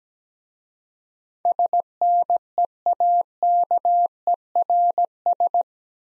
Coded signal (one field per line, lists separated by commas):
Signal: Morse code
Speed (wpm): 17 wpm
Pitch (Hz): 700 Hz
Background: none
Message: SNEAKERS